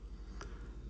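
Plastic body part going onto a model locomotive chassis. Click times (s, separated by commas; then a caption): 0.4 s. A plastic body part is worked around on the chassis of an N scale Kato 2-8-2 model steam locomotive, with the tender off, to find the right position. A single short, sharp click at 0.4 s sounds over a steady low background hum as the part seats into place on the chassis.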